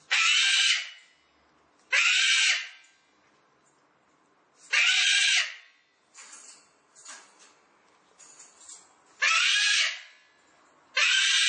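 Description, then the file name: Cockatoo calling with five harsh, raspy screeches, each lasting under a second, at irregular intervals, with quieter chattering notes between them. "cacatua"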